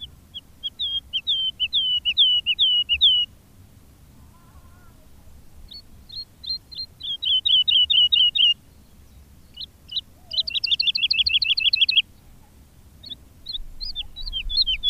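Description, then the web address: Woodlark song: several varied phrases of repeated slurred whistles, some slow and wavering, others fast rapid trills, with silent gaps of one to three seconds between phrases. "agykontroll Madardalok Cd 2. Erdei pacsirta"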